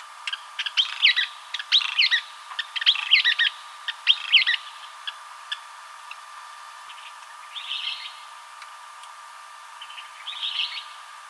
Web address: Western Kingbird 2007 07 07 Western Kingbird